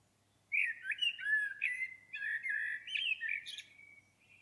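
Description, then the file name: Common blackbird pouring out several seconds of mellow, fluting warbles and chuckles, finished by a thin high squeak and a faint trailing whistle. "Turdus merula"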